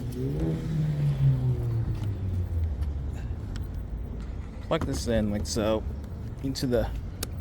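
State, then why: Seated. Someone talks while pushing a public charger's plug into an electric car's charge port, over a low vehicle hum. A sharp click at 7.2 seconds marks the connector seating in the port.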